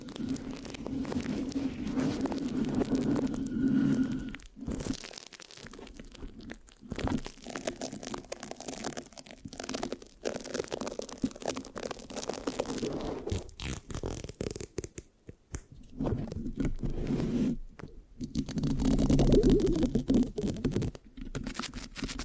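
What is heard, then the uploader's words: Scratching and sticky rubbing on a microphone, a dense run of close crackling and scraping with a low rumbling body beneath. The texture comes in bursts, broken by brief pauses near five, fifteen and seventeen seconds, and swells louder around nineteen seconds. No talking. Mic Scratching, Sticky, Brain Massage Triggers (No Talking).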